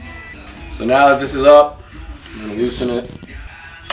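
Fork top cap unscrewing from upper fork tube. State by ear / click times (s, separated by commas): released / 3.9 s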